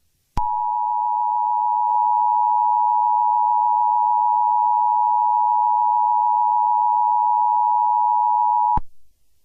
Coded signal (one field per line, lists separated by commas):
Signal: Emergency Alert System (SAME) tones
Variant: 853 and 960 Hz attention tone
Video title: EAS scenario 4: whitty’s explosion part 2